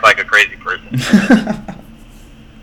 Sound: laughs